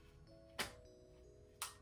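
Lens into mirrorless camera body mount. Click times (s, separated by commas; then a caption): 1.6 s. A lens is lined up with the white dot on a white Canon M50 mirrorless camera body and twisted onto the mount until it seats. Over a faint steady tonal hum, a sharp broadband burst is heard at about 0.6 s, and the lens clicks into place at 1.6 s.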